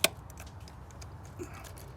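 A fuel line quick-connect fitting on the engine fuel rail at the intake of a 2005-2009 Mustang GT is pushed toward the back of the car to release it during intake manifold removal. A sharp click at 0.0 s releases the fitting, followed by faint, scattered ticks and low background noise.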